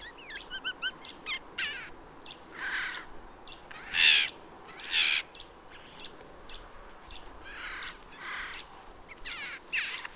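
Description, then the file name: Eurasian jay uttering a few scattered, hoarse, rasping screeches amid a busy background of thin whistles and twittering from other birds. "Garrulus glandarius"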